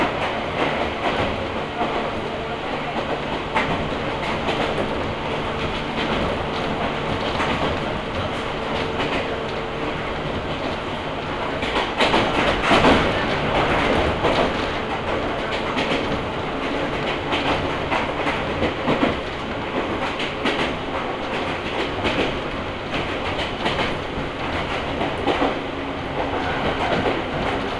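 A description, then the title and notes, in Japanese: Riding aboard a local train, with a steady, dense rumble of wheels and motor filling the car throughout. Regular clicks from the rail joints tick through the noise, and the ride grows louder and rougher around the middle before settling back to an even run. 近江鉄道 高宮→彦根→八日市。高宮での待ち時間が長いこともあって一旦彦根まで戻り、再び本線に戻って八日市へと向かいます。高宮から八日市までは通称湖東・近江路線と呼ばれています。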